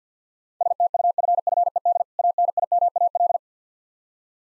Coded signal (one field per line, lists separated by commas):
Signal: Morse code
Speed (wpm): 50 wpm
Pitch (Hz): 700 Hz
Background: none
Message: STUFFED ANIMAL